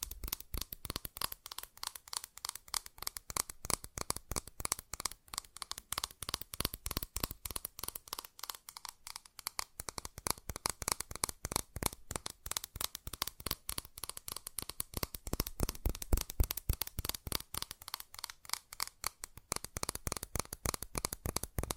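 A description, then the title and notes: Fast, dense tapping runs steadily for the whole stretch, crisp sharp clicks in quick succession. ASMR Fast Tapping for Intense Tingles (No Talking).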